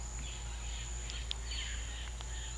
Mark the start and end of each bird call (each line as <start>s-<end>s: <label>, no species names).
0.78s-2.58s: bird call